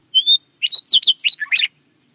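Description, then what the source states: Western meadowlark song: one long clear whistle, then a quick tumbling run of rich liquid whistled notes at contrasting pitches, over quiet background. Song of sustained, rich, liquid whistles at contrasting pitches that carry over long distances; open country of the West.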